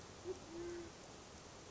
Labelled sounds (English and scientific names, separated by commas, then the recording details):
Band-tailed Pigeon (Patagioenas fasciata)
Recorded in Sonoma County, California